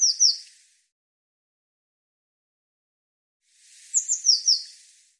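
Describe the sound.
Eurasian blue tit calls: short, high, descending notes, two at the start, then a burst of four after a long silence.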